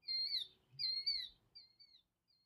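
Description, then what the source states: Killdeer calling: two clear, high, downslurred whistled notes, then fainter shorter notes trailing off, over near silence. Call said to sound like the bird saying its name, 'killdeer'.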